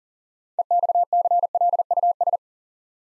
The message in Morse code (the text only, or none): EXCLUS